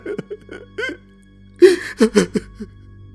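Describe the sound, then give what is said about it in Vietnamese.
A boy sobs in halting, hiccuping bursts: a few soft whimpers, then a louder run of gasping, breathy sobs that break apart and trail off into a quiet catch. “Tiếng khóc của nó vang vọng não nề như muốn gọi mẹ nó về từ cõi chết.”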